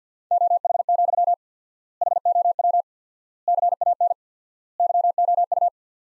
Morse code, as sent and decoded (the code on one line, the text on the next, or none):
--- .... --..-- / .... --- .-- / -.-. .- -. / -.-- --- ..-
OH, HOW CAN YOU